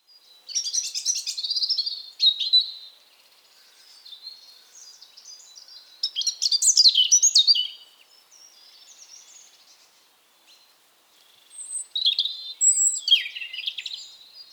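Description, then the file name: European robin song in three separate bursts of high, fluty and trilled notes, with pauses between. "Erithacus rubecula"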